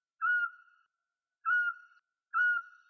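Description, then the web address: Eurasian scops owl giving short, clear, slightly falling whistled notes, three in a row about one second apart, with silence between. "Otus scops"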